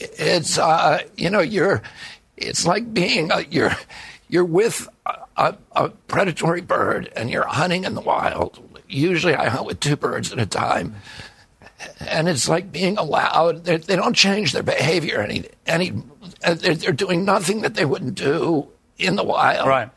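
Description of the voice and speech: Adult male speaking in a strained, gravelly, choppy voice with frequent breaks, typical of spasmodic dysphonia. The voice disorder is spasmodic dystonia, a neurological condition that arose after an injury at age 42 and makes the vocal cords tighten constantly. Surgery in Kyoto, Japan, about 8 months earlier made the voice more reliable.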